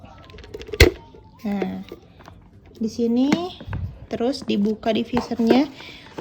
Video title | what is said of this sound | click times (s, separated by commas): REVIEW PREMIUM EXPERIENCE PACKAGE (PEP) YOUNG LIVING!! | di kop sampai ada bunyi klek. | 0.8 s